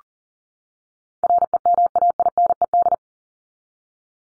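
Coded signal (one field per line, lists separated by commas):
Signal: Morse code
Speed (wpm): 40 wpm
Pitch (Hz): 700 Hz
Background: none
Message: REMAINED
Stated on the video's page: Head-copy drill of the top 100 words ending in ED and their root words at 40 wpm; each word sent, spoken, then sent again.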